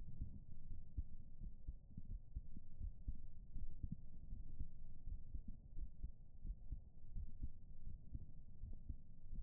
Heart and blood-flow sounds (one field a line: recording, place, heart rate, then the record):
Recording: heart sounds by stethoscope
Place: pulmonary valve (PV)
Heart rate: 80 bpm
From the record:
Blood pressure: 125/74 mmHg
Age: 36 years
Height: 175 cm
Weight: 72 kg